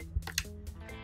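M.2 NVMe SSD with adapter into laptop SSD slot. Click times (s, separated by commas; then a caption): 0.4 s. An M.2 NVMe SSD on an adapter is pushed gently into the SSD slot of a 2013 MacBook Pro, and it clicks into place at 0.4 s. A softer tick comes just before, over steady background music, and the drive is seated.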